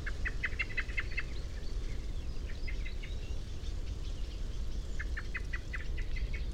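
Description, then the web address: Common blackbird calling in several fast runs of sharp metallic chinks, with a strong low rumble filling the background. "SETE data Turdus merula"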